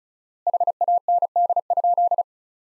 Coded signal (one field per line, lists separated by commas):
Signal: Morse code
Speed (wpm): 36 wpm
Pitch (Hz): 700 Hz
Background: none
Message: HAND?